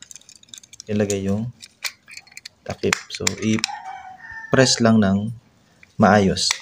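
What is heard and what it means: Someone talks while handling the plastic back cover of a Honda Airblade 150 keyless motorcycle remote fob, getting ready to press it down over the new coin battery, with small handling ticks early on. The cover has not snapped shut yet; nothing has seated or clicked.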